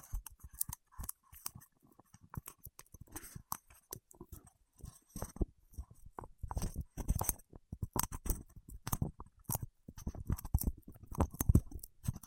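Fingertips work at soft wax, producing a dense, irregular stream of short sticky clicks and crackles. The taps come in quick clusters with brief lulls, including a quieter stretch near the middle, and the wet, chewing-like texture stays constant throughout.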